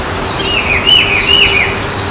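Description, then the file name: Rufous-browed peppershrike song, a short series of warbled, wavering whistled notes around the middle, over steady background noise and a faint low hum. Recorded at Ibirapuera Park, São Paulo, Brazil. "Cyclarhis-gujanensis-Ibirapuera Park-SP-Brazil-30-10-12-ASilveira"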